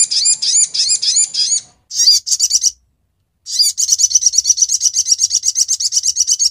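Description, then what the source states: Brown-throated sunbird song: bright high chirping notes in rapid bursts, a short pause, then a long fast run of sharp repeated tweets. Masteran bird-song training recording, Labaik song variant.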